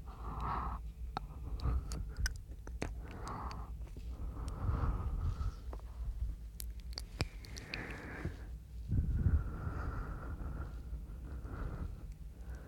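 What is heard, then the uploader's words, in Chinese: Mouth sounds with breathing: soft, airy breaths rise and fall in slow waves every couple of seconds, each carrying a faint hiss. Sharp little clicks and wet smacks are scattered throughout, with a low rumble underneath and a fuller breath around nine seconds. 口腔音+呼吸，asmr。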